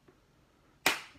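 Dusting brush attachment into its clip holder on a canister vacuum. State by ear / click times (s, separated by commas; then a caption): seated / 0.9 s. A plastic dusting brush attachment is pushed up into its clip holder on a Hoover WindTunnel Air canister vacuum. After a faint tap near 0.1 s, it snaps in with a sharp, loud click at 0.9 s that rings down over the next few tenths of a second. The brush is seated in the holder.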